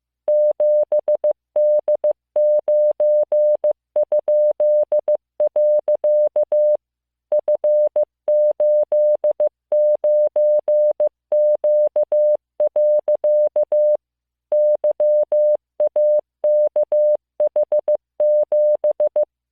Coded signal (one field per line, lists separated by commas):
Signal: Morse code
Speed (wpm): 15 wpm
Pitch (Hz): 600 Hz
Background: music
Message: 7D9?. F89Q. YAKH7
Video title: モールス信号聞き流し1９ Learn Morse Code